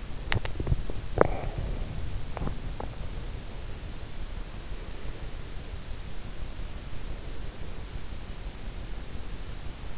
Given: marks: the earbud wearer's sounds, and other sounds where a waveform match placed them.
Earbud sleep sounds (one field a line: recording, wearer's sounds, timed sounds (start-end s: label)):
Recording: sounds in sleep by an in-ear microphone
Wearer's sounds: swallowing, teeth grinding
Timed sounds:
0.00-1.91 s: swallowing
2.27-3.04 s: teeth grinding